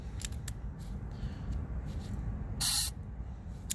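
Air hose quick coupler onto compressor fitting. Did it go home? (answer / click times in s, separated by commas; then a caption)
no / none. A child pushes a quick-connect air hose coupler onto a compressor fitting while pulling back its sleeve, making a few light metallic taps early on, a short burst of hissing air around 2.6–2.9 s, and a sharp tap near the end. The coupler fails to lock and falls out, so nothing has seated or clicked yet.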